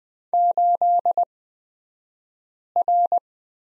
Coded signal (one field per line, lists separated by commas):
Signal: Morse code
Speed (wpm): 20 wpm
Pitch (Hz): 700 Hz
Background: none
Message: 8R